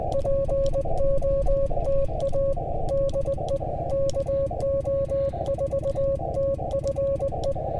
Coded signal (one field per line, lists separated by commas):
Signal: Morse code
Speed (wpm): 19 wpm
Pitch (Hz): 550 Hz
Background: music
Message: POTA DE KO4TFE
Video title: Rolling with the punches: QRP CW POTA fun at US-3787 #qrp #cw #parksontheair #hamradio